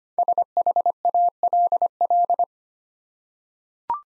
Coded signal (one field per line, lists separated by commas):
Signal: Morse code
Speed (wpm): 25 wpm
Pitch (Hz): 700 Hz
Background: none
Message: SHALL